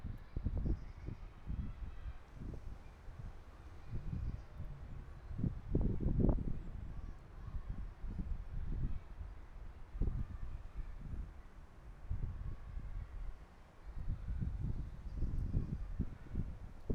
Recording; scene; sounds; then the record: everyday scene through a hearing-aid microphone; wind on the microphone; gentle breeze, voices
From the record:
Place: parking lot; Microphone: behind the ear, right, front